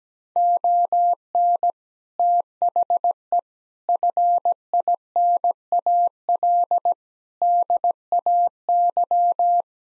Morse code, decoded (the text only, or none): ON THE FINAL DAY